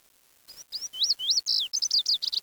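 Bird twittering: a quick run of high, wavering, sweeping chirps, some swooping down and up, in a lively burst with faint background noise.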